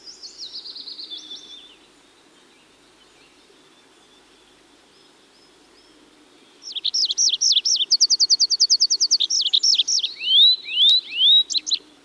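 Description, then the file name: Tree pipit song: a short buzzy phrase, then five seconds of quiet, followed by a rapid trill of high notes and a few rising slurred whistles. "Tree Pipit (Anthus trivialis)"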